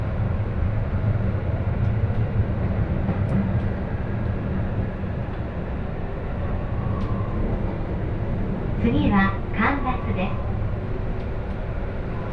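A Joban Line local train, riding from Ishioka through Tsuchiura to Toride, gives a steady low rumble and rattle that fills the whole twelve seconds. Near the nine-second mark a voice speaks briefly over the noise, and a few faint clicks and taps sound along the way.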